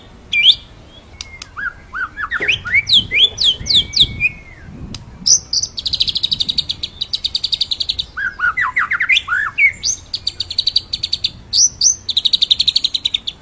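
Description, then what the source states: White-rumped shama song mixing clear rising whistles and sweeping slurs with long runs of rapid, high rattling notes, alternating between whistled and trilled passages. Masteran training song for songbirds; full rolling song.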